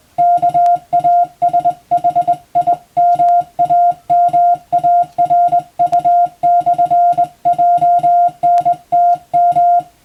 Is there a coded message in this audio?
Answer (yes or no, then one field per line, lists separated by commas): yes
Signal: Morse code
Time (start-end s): 0.2-9.8 s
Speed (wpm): 21 wpm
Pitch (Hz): 700 Hz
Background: music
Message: KASHIMAMARU/JNTM